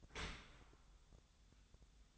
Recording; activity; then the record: daily activity, microphone in the room; open dishwasher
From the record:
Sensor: 3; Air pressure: 1004.6 hPa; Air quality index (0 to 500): 104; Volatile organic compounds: 4 ppm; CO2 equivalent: 1636 ppm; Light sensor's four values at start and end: 7/17/7/6 and 7/17/7/6